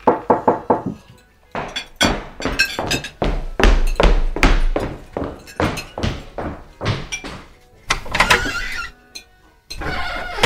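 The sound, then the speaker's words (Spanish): Repeated knocking on a door, a quick burst of sharp raps followed by steadier heavy thuds in uneven groups, loud and percussive with no voices. “¿Quién será? Laura, abra la puerta.”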